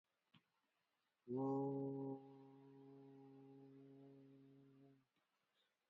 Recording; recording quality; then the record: sustained vowel as in boot; excellent, no background noise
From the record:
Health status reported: healthy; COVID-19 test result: not tested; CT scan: not taken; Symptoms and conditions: none ticked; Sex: male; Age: 39 years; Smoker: no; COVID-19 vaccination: one dose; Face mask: worn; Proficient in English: yes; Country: India